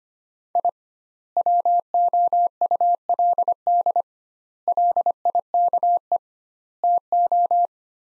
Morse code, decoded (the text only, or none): I WOULD LIKE TO